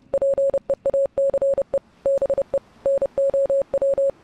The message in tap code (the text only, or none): none